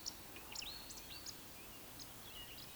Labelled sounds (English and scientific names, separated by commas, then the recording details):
Eurasian Woodcock (Scolopax rusticola) whistle
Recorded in Baden-Württemberg, Germany, on 26 May 2020 at 19:43 UTC
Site 45304, 487 m above sea level